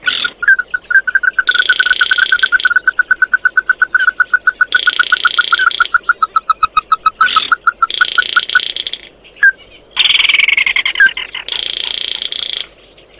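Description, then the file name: Bird calls: long runs of quick, evenly spaced ringing notes alternating with buzzy rasping stretches and a few sharp single notes. "Tieng chim mat do"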